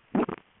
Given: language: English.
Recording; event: throat vibration sensor signal played as sound; swallow